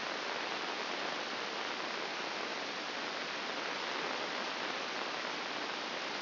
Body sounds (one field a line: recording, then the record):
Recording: brain microelectrode recording played as sound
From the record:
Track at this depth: inside the subthalamic nucleus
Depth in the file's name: 5.661 mm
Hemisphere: left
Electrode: 2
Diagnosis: Parkinson's disease